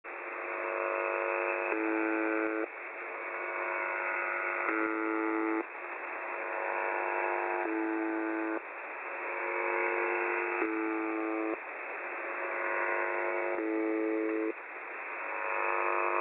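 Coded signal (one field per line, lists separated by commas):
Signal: channel marker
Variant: UVB-76 (The Buzzer)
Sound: harsh low buzz about one second long, repeating every three seconds, five buzzes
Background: radio static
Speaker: Şimdi sırada bu frekansı dinleyerek kaydettiğim ufak bir ses kaydı var.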